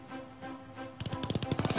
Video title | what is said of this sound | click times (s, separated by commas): DECIDE on Shark Tank | we've also employed her unique ratchet system to allow it to go together you can hear the clicks as it goes together feeds slowly | 1.0 s, 1.2 s, 1.4 s, 1.6 s, 1.7 s